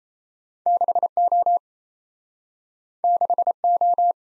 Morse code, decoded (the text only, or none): 6O 6O